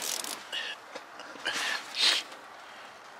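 A plastic coolant hose fitting is handled and pushed toward its cooling system port during a water pump and thermostat job on an E46 M3 cooling system refresh. Short plastic scrapes and rattles are heard near 0.2 s, followed by hissy bursts of handling around 0.5 s, 1.5 s and 2.1 s. Nothing has seated or clicked yet.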